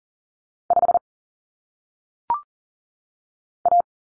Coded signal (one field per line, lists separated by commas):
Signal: Morse code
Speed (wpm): 39 wpm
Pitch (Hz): 700 Hz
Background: none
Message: 5 A